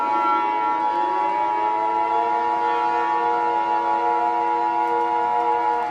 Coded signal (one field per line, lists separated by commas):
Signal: Emergency Alert System (SAME) tones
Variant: 853 and 960 Hz attention tone